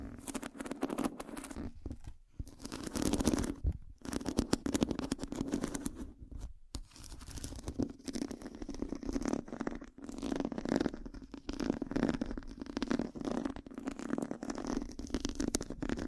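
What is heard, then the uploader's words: Pure scratching, a dense run of rough, rapid strokes that goes on almost without pause. A low, steady hum-like tone sits under the whole clip, and the scratching breaks into brief silences near the 2, 4 and 6.5 second marks. Pure Scratching.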